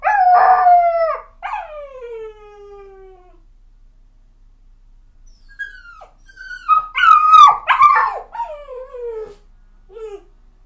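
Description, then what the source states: Dog: puppy whimpering, with long falling whines that slide downward, a quiet pause, then a burst of higher broken yelps and cries toward the end. Puppy, crying.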